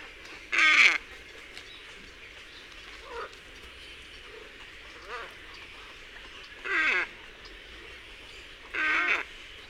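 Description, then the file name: Glossy ibis calling with harsh, nasal croaks, loud bursts at roughly 1, 7 and 9 seconds and softer grunts between, over low steady background hiss. "IBIS FALCINELLE"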